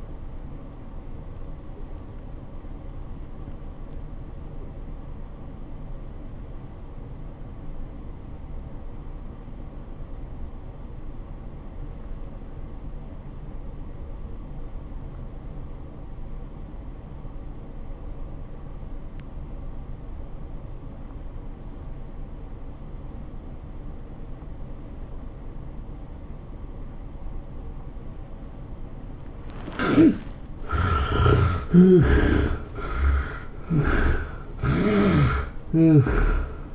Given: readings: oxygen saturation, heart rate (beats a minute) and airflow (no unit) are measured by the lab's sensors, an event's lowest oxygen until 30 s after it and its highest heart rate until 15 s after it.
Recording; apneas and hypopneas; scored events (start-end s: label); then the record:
breathing in sleep by a smartphone at the bedside; 1
5.00-29.80 s: obstructive apnea (REM, oxygen 95% highest, then 60% lowest, heart rate 91 at the start, 113 highest)
From the record:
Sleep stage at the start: REM sleep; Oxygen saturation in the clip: 59 to 95%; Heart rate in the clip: 68 to 110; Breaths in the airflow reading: 4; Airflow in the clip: -15.0 to 12.5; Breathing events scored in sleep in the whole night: 403 in 5.5 hours asleep